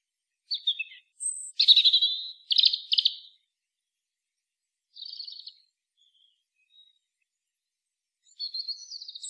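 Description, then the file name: European robin giving scattered short warbles and buzzy trills separated by pauses, with a brief high note and a final warble; background quiet. "Erithacus rubecula"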